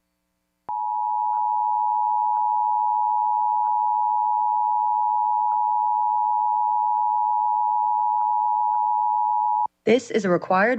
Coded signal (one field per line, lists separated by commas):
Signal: Emergency Alert System (SAME) tones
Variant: 853 and 960 Hz attention tone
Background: speech